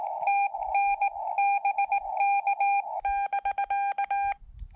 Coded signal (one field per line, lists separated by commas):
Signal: Morse code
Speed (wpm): 19 wpm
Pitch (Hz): 800 Hz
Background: none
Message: TN BK <BK>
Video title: How Does The Xiegu X5105 Transceiver Perform With Morse Code?